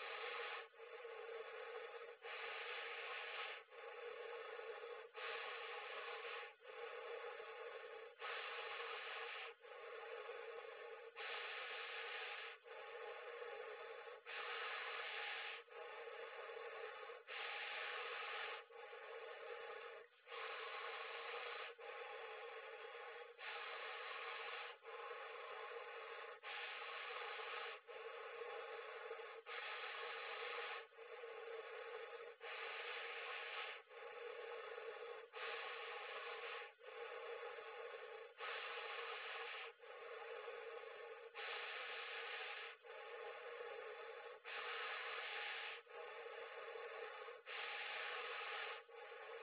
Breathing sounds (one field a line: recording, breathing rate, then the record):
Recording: paced breathing near a phone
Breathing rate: 20 breaths a minute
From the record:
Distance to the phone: 40 cm